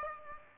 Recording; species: mosquito wingbeat signal from an infrared sensor; Aedes aegypti